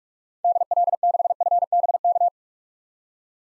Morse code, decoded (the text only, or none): DL6FBK